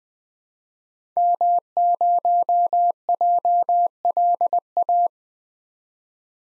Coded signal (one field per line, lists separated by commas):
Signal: Morse code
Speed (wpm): 20 wpm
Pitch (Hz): 700 Hz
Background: none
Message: M0JLA